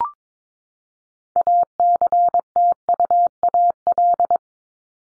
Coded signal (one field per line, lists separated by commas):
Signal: Morse code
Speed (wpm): 22 wpm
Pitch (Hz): 700 Hz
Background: none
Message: ACTUAL